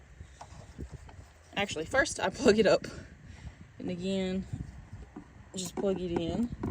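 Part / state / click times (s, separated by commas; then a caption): LED headlight bulb connector into the car's headlight wiring harness plug / not seated / none. Someone talks while handling the plastic wiring connector of a NovSight LED headlight bulb, getting ready to plug it into the headlight harness plug behind the headlight housing of a Ford C-Max. Faint handling taps are heard around 0.4, 1.1 and 5.2 seconds. Nothing has snapped or seated yet by the end of the clip.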